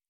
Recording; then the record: hydrophone in a shrimp aquaculture tank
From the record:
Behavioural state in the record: normal